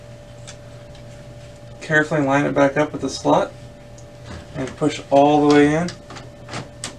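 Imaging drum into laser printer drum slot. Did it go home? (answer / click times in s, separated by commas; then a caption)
yes / 6.8 s. A new imaging drum is lined up with its slot in a Dell S2825 laser printer and pushed all the way in while someone talks. It clicks into place at 6.8 seconds, seating the drum.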